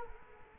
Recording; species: mosquito wingbeat signal from an infrared sensor; Culex quinquefasciatus